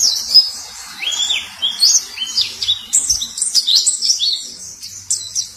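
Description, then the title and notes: White-eye song: high, clear whistled slurs rising and falling, delivered in quick separate phrases. Sweet long song. "Kicau Burung Pleci ampuh. suara burung pleci merdu panjan"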